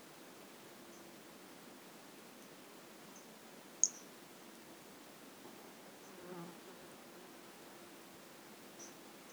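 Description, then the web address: White-lined pumpkin toadlet call, a single sharp high chirp near the middle with scattered faint high peeps around it, against quiet hiss. Recorded in 2018. "2018 Brachycephalus albolineatus"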